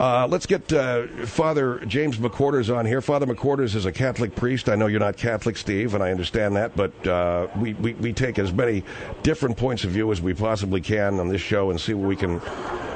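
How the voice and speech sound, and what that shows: A man speaks fluently at a moderate, fairly low pitch in a conversational, radio-host manner, introducing a guest. His voice is clear and steady, with only a brief everyday restart ("we, we, we") and a couple of short pauses. Ordinary adult speech.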